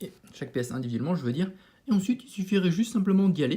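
A plastic Gunpla model kit arm/shoulder piece for a Zaku II is being handled before it is pushed back onto its joint, while someone talks throughout. Nothing has seated or clicked yet; the clip ends just before the part goes home.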